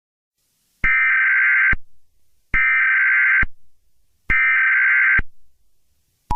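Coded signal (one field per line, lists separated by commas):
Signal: Emergency Alert System (SAME) tones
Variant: header bursts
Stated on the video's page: Fictional alert scenario.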